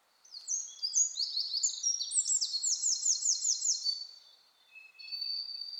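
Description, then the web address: Eurasian wren song: bright high notes leading into a long, rapid, rattling trill, then a short, quieter high tone. "SETE data Troglodytes troglodytes"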